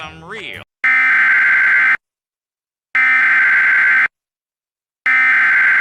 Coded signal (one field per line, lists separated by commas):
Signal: Emergency Alert System (SAME) tones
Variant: header bursts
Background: speech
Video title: EAS Severe Thunderstorm Warning During SpongeBob